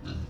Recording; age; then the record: pig call; growing-finishing pig (85 days or more)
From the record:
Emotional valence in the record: positive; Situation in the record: run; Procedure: transit